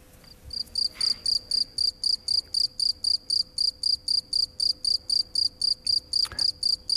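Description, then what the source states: Field cricket song: a steady series of short, high chirps, about four per second, with brief rustles in the background. Familiar sound, but the insect is rarely seen; it flees straight into its burrow when it hears someone approaching.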